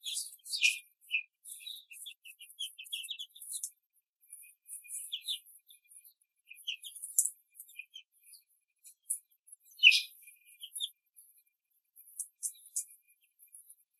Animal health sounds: young laying hens in a cage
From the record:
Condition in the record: control cage, before the stress test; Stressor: none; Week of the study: 4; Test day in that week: 3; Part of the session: 2

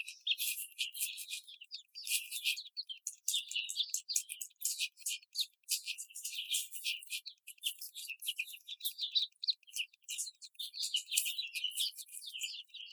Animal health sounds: young laying hens in a cage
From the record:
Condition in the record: after the stressor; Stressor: simulated dog barking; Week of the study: 4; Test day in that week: 2

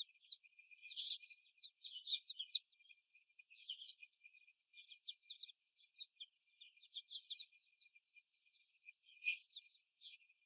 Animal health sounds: young laying hens in a cage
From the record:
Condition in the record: after the stressor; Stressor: simulated dog barking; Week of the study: 1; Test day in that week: 1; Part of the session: 1

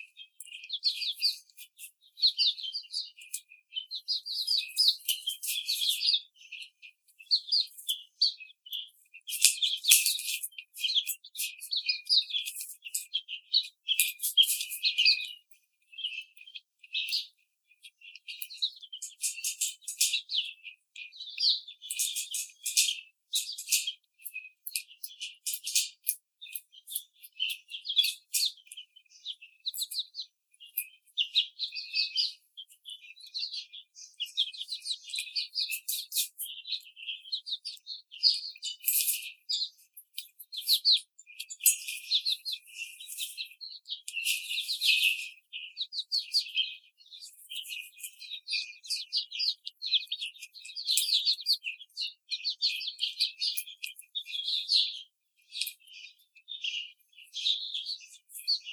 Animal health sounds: young laying hens in a cage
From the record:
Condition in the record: treatment cage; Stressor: simulated dog barking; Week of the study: 5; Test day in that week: 1

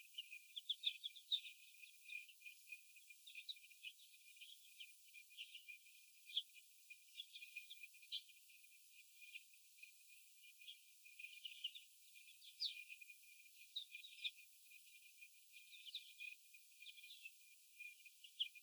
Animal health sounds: young laying hens in a cage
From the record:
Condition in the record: after the stressor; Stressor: sudden umbrella opening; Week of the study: 2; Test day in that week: 1

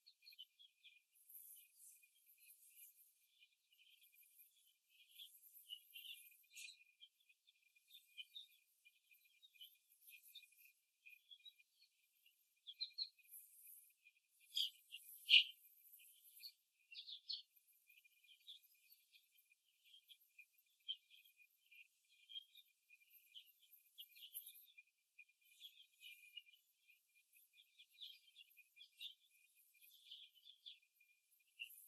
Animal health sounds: young laying hens in a cage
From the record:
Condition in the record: after the stressor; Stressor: simulated dog barking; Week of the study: 2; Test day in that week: 2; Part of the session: 1

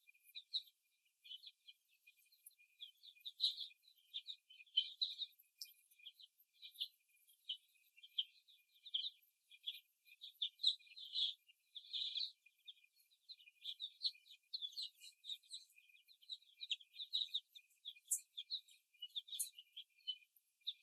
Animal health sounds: young laying hens in a cage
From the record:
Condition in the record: before the stressor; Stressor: simulated dog barking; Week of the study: 1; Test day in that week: 2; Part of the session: 3

